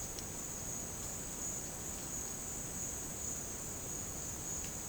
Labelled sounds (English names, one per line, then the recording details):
none
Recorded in dense forest near Puerto Asís, Putumayo, Colombia, on 22 June 2025 at 11:30
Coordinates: 0.486, -76.317
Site G065